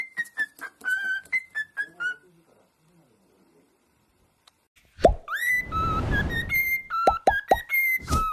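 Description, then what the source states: Cockatiel whistling, a descending series of clear notes, a pause, a loud rushing burst, then more sharp whistled notes. More than one cockatiel, whistling song.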